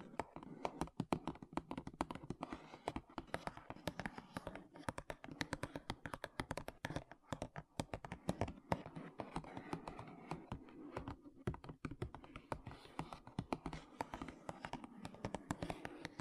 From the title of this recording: MAKEUP TAPPING & SCRATCHING